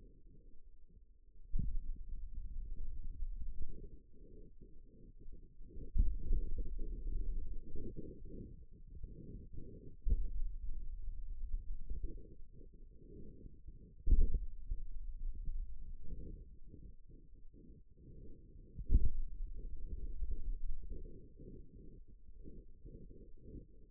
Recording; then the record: forearm muscle sounds (acoustic myography)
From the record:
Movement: finger pinch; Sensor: system 2, bracelet of six BSWA MPA416 microphones around the upper forearm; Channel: 4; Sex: male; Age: 22 years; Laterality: right